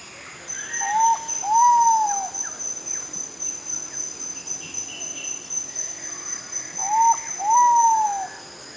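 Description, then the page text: Giant pitta calling with paired whistles, a short note followed by a longer arched one, repeated after about six seconds over constant insect whine. "Marc Anderson - Питта-великан (Pitta maxima)"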